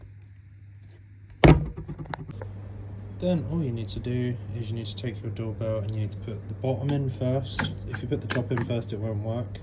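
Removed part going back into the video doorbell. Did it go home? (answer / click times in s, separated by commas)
yes / 1.4 s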